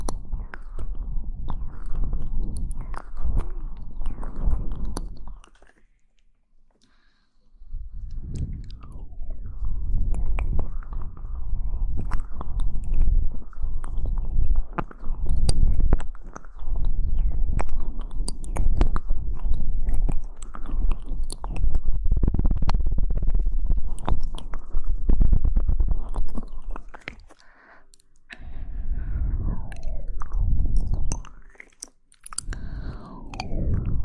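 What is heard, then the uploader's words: Mouth sounds, mostly wet chewing and smacking, run in dense bursts with a deep low rumble beneath them. The noise is nearly continuous and pauses briefly near 6, 27 and 33 seconds. Sharp clicks and faint crunches break through at irregular moments. Mouth Sounds.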